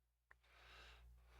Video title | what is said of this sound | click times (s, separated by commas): Macintosh Classic - Reloaded - Part 1 | then we will squeeze until it pops into place there it is that's in | 0.3 s